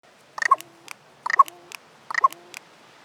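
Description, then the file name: Carrion crow giving harsh, raspy calls, three short broken bursts about a second apart, each made of several quick rough notes. "Corvus corone"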